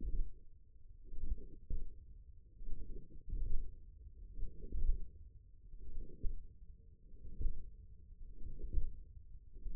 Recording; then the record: forearm muscle sounds (acoustic myography)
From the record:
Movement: hand opening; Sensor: system 1, eight BSWA MPA416 microphones around the upper forearm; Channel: 7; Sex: female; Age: 21 years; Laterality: right